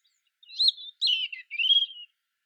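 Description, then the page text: European robin song, a single short phrase of three sweet, slurred high notes, the last one drawn out and level. "Птицы-целители - Зарянка (Erithacus rubecula)"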